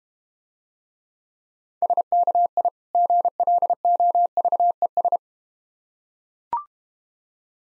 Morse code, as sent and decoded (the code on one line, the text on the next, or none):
... -.- .. / --. .-.. --- ...- . ...
SKI GLOVES